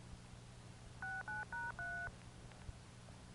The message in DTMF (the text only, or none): 69#3